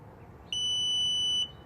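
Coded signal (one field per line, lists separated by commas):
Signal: beep code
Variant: Hansshow power trunk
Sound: one steady high-pitched beep lasting almost a second, then quiet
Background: quiet room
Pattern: 1 long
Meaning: Speed setting 1, the slowest opening and closing speed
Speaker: we're gonna hold it down one beep okay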